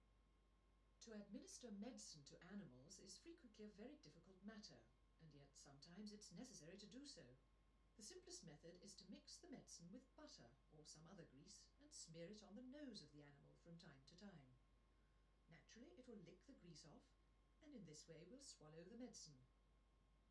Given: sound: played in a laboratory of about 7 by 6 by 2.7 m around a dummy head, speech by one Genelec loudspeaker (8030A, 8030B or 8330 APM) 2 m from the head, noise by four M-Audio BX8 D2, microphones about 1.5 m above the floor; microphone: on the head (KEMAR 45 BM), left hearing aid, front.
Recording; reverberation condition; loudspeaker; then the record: female speech in English; low; 30 degrees to the right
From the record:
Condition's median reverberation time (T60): about 310 ms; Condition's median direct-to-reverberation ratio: about 3.5 dB